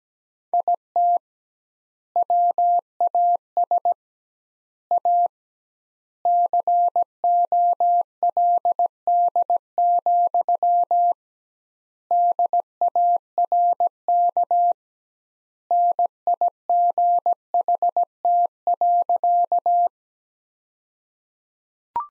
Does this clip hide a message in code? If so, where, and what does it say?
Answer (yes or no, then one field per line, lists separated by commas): yes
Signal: Morse code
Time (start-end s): 0.5-19.9 s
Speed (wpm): 17 wpm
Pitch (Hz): 700 Hz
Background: none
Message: IT WAS A COLD, DARK NIGHT.